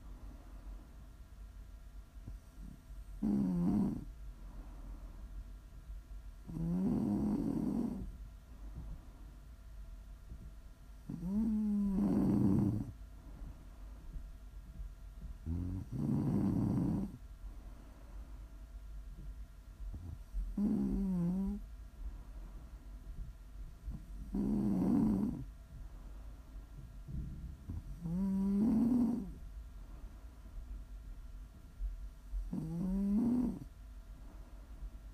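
Heavy snoring repeats in a steady rhythm, one rumbling snore roughly every four seconds. Each inhale carries a low, throaty rattle with a faint whistling edge, separated by quieter breathing and a soft constant hum.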